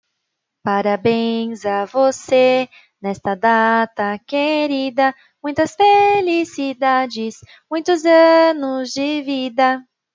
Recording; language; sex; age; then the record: short text; Brazilian Portuguese; female; 20 to 29 years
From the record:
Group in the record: control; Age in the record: 21 years